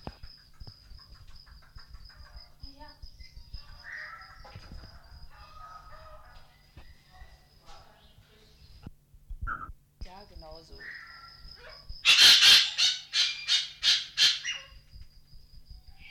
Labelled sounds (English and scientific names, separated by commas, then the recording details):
White-crested Laughingthrush (Garrulax leucolophus)
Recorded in captivity
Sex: pair
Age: adult
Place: Zoo Halle, Sachsen-Anhalt, DE
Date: 1993-04-26
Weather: heiter, 26 °C
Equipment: Sony WM-D6C, Sony ECM-939 LT, Kopie Uher Variocord 263
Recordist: Tembrock, Günter